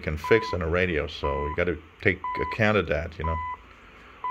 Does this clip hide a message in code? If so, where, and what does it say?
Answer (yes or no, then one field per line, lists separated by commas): no